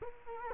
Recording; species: mosquito wingbeat signal from an infrared sensor; Culex quinquefasciatus